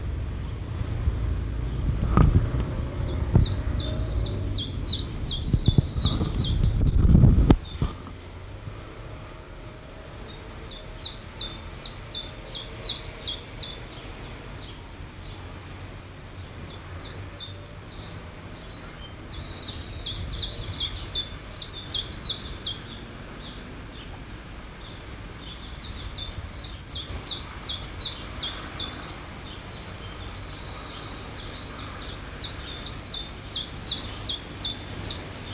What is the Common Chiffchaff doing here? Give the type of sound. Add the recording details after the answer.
song. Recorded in the wild. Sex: male. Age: adult. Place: Feldberg, Mecklenburgische Seenplatte, Mecklenburg, DE. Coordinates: 53.3372, 13.445. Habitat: alder. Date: 1976-06-30 16:32. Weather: sunny, 28°C. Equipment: Uher CR 210, Sennheiser MD 421 HL, Verstärker, Reflektor, Kopie Uher 4200. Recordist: Tembrock, Günter